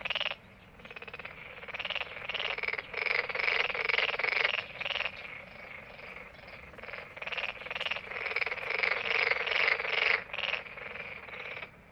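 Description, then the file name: Dark-spotted frog croaking: rapid rattling pulse trains in repeated bouts, each lasting a second or two with short pauses, almost continuous throughout. Beijing, China; 8 June 2018. "2018-06-08-Dark-spotted-Frog"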